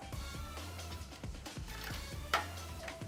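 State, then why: Seated. A second RGB lighting accessory is fitted at the bottom of an ASUS TUF GT502 Horizon PC case while music plays in the background. A sharp click at 2.3 s marks it popping into place, and the piece is seated.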